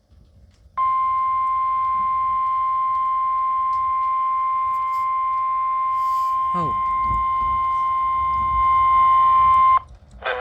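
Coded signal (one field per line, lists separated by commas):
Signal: Emergency Alert System (SAME) tones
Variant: 1050 Hz attention tone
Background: speech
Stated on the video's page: Alerts received on a Radio Shack weather radio, including a tornado warning; one recording has corrupted audio.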